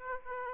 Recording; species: mosquito wingbeat signal from an infrared sensor; Aedes aegypti